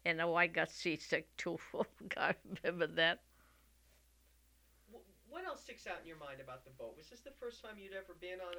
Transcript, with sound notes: And I got seasick, too. Oh, God, I remember that. ( she laughs )
What else sticks out in your mind about the boat? Was this the first time you'd ever been on a...